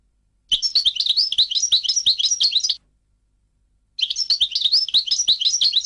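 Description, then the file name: European goldfinch song: rapid tinkling, twittering phrases of high chirps, one phrase of about two seconds, a pause, then another burst. "audio burung goldfinch"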